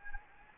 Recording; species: mosquito wingbeat signal from an infrared sensor; Anopheles gambiae